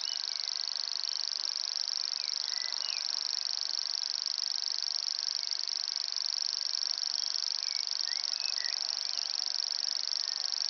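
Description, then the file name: Common grasshopper warbler reel: a continuous, very fast, high-pitched ticking trill that never pauses, accompanied by occasional soft whistled notes from other birds. Recorded at Ystad, Sweden, in 2011. "Gräshoppsångare - Locustella naevia-Ystad-Sweden"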